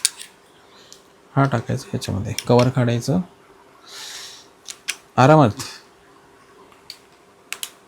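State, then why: Seated. An action camera, a GoPro with its cover removed, is gently pushed into a plastic mic adapter frame while someone talks, with scattered small handling clicks and taps throughout. It seats with two sharp clicks at 7.5 s and 7.6 s.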